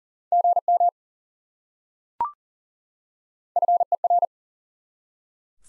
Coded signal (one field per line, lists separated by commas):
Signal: Morse code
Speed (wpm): 40 wpm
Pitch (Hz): 700 Hz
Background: none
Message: GM FER